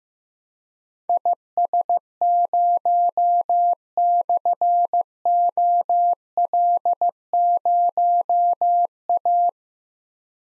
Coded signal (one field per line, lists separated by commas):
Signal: Morse code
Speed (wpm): 15 wpm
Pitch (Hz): 700 Hz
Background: none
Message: IS0/OL0A